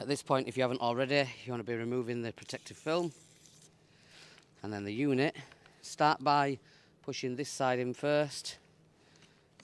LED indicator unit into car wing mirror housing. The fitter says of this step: and then it goes all the way into there and you just heard it click